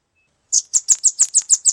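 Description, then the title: Velvet-fronted nuthatch song: a quick series of eight high, thin chipping notes delivered evenly, roughly six per second, after a brief silence. "Suara burung rambatan"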